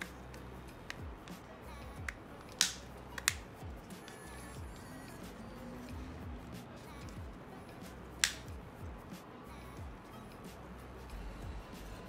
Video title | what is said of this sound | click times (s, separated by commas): Xiaomi Aqara IP Camera Broken Reset Button Fix 2018 - Disassembly - Teardown | now put the shell back and push her inside till it clicks all the way in | 2.6 s, 3.3 s, 8.2 s